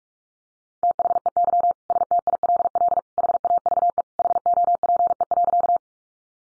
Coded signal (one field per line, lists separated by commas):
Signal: Morse code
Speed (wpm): 44 wpm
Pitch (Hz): 700 Hz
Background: none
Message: THEY STILL HAVE HOPE.